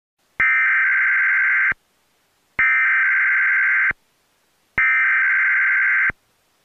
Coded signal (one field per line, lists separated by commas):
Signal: Emergency Alert System (SAME) tones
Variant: header bursts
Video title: Enclave EAS (Custom EAS scenario)